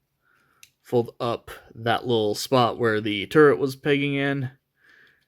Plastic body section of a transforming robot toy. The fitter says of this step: just rotate this whole section back until it snaps into place fold up his head